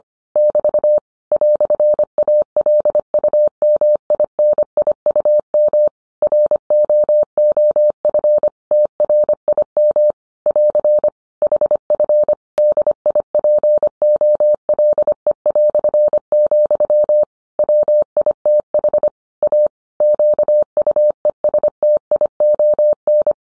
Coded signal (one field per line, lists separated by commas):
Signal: Morse code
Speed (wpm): 25 wpm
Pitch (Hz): 600 Hz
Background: none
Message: <BT> "ALUMINIUM ROOF TRIM <AR> HF DIPOLE", WITH A QUESTION